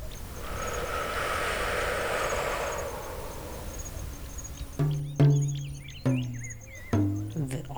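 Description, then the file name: Lion giving several deep grunts in the second half, after a stretch of rushing noise. "LEW"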